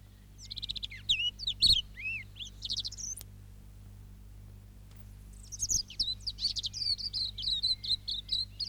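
Silvereye song: a few high slurred notes and twitters, a long pause, then a rapid run of high warbling notes.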